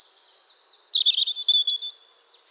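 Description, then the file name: European robin song phrase: a thin, high whistled note, then a quick jumble of tinkling, twittering notes. "Erithacus rubecula"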